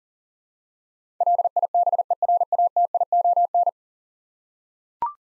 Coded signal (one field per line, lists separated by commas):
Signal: Morse code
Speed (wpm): 40 wpm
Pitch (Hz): 700 Hz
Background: none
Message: LIBERATION